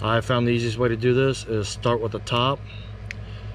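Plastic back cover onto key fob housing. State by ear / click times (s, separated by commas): seated / 3.1 s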